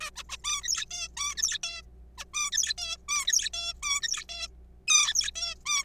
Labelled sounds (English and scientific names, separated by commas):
Zebra Finch (Taeniopygia guttata)